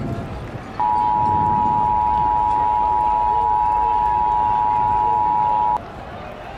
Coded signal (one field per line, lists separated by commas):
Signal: Emergency Alert System (SAME) tones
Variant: 853 and 960 Hz attention tone